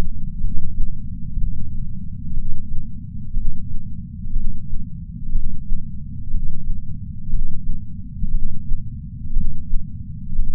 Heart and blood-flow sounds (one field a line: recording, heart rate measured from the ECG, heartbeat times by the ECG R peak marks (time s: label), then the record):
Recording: heart sounds by patch sensor on the chest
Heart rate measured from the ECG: 60 bpm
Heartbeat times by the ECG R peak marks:
0.40 s: heartbeat
1.37 s: heartbeat
2.33 s: heartbeat
3.33 s: heartbeat
4.33 s: heartbeat
5.32 s: heartbeat
6.30 s: heartbeat
7.29 s: heartbeat
8.31 s: heartbeat
9.33 s: heartbeat
10.36 s: heartbeat
From the record:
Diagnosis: coronary artery disease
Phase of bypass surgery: preoperative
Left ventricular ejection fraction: 62.4%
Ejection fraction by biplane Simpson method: 59%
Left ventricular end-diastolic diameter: 53 mm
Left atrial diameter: 40 mm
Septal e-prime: 7.2 cm/s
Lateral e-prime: 9.5 cm/s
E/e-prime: 9.1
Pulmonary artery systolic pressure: 23 mmHg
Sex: male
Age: 60 years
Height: 180 cm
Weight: 100 kg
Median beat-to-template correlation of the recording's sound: 0.92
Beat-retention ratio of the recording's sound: 0.96